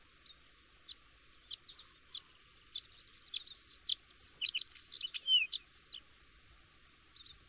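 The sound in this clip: Bluethroat song of quick, varied high chirps and slurred whistles, repeated phrases tumbling together, with one downward whistled slur in the second half.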